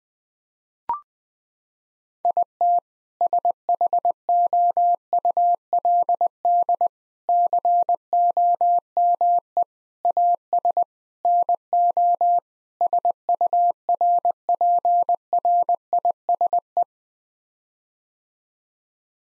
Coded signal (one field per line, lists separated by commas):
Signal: Morse code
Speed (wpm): 20 wpm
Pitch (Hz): 700 Hz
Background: none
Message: IT SHOULD COME AS NO SURPRISE